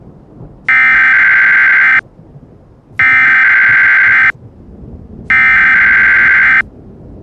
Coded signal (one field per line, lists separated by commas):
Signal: Emergency Alert System (SAME) tones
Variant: header bursts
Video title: EAS Scenario: Absolutely Radioactive Part 9 THE GRAND FINALE